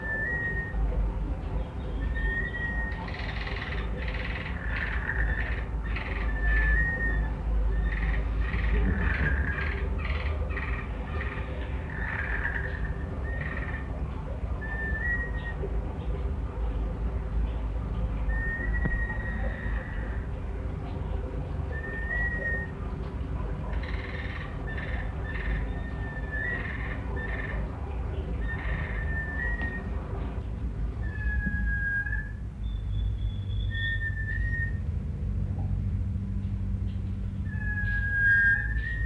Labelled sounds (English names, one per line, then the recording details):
Sunbittern call
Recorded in captivity
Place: Zoo Frankfurt, Rheinland-Pfalz, DE
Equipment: Halbspur, 9,5 cm/s
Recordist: Lütgens, Hans